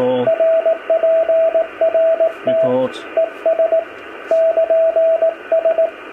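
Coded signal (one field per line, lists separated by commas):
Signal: Morse code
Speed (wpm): 18 wpm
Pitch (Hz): 650 Hz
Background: speech, radio noise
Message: RPRT ES <KN> S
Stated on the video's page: CW from a homebrew 1930s-style single-valve transmitter in a demonstration contact.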